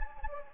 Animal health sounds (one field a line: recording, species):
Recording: mosquito wingbeat signal from an infrared sensor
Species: Anopheles gambiae